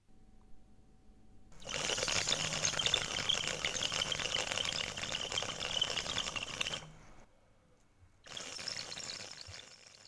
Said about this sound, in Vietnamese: Khi đã cảm nhận được khói thuốc trong điếu một cách ngon lành, hắn rít một hơi, cảm giác tiếng thuốc lào nó kêu lên rong róc đầy uy lực. Hùng lại càng thêm mê say mà rít sâu hơn.